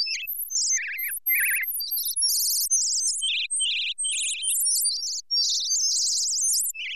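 Bird chirps, quick vibrating tweets jumping between high and very high pitches, a lively, nearly continuous stream of calls.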